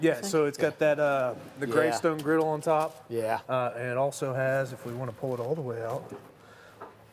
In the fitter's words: come on lock into place if it doesn't want to do it for us today that's all right